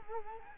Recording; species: mosquito wingbeat signal from an infrared sensor; Culex quinquefasciatus